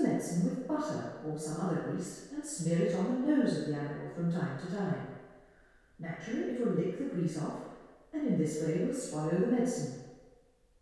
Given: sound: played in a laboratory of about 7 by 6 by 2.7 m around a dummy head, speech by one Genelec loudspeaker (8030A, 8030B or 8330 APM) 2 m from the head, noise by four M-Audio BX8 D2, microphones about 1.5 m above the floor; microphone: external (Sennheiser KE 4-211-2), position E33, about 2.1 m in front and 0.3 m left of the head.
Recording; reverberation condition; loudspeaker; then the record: female speech in English; high; 60 degrees to the right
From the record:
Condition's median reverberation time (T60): about 1300 ms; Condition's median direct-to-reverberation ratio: about -4.0 dB